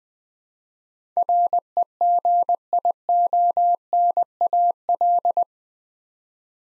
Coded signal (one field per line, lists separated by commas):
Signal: Morse code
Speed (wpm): 20 wpm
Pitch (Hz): 700 Hz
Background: none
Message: REGIONAL